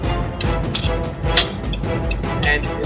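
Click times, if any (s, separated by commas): 0.8 s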